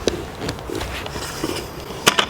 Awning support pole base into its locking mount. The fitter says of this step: drops down and locks into place so